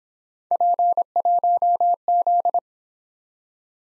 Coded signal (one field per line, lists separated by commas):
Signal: Morse code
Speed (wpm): 26 wpm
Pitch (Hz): 700 Hz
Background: none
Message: P1Z